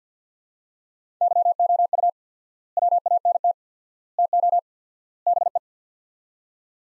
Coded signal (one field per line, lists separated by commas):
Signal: Morse code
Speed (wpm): 50 wpm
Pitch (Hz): 700 Hz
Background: none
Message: YOU WANT TO BE